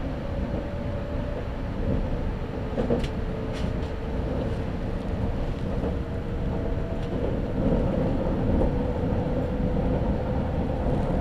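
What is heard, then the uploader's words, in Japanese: Riding aboard the Izu-Hakone Railway limited express Odoriko No. 13, a steady, dense low rumble of the train fills the whole clip. A faint tone hums along throughout, and brief clicks and knocks from the wheels and car surface every second or so, growing slightly louder toward the end. 伊豆箱根鉄道 大場→修善寺 特急踊り子13号にて。単線区間なのでさほど速度は上がりませんが、行き違いのない棒線上の駅は軽やかにスルーしていきます。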